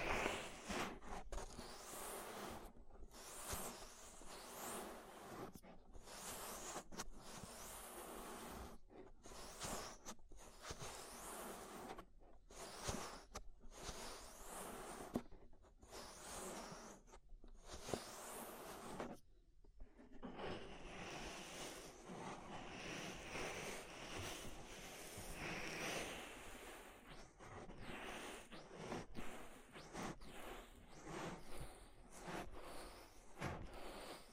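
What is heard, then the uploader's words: Deep ear treatment ASMR: dense rustling, scratching sounds with brief silent gaps early on, becoming continuous and brighter after twenty seconds. ASMR Deep Ear Treatment for Sleep (No Talking).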